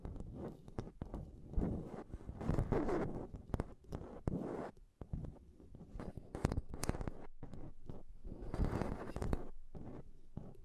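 Mic tapping and scratching, dense rough rubbing with frequent sharp knocks, heavier bursts near two-to-three seconds and again around nine seconds.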